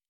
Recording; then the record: hydrophone in a shrimp aquaculture tank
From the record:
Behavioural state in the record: normal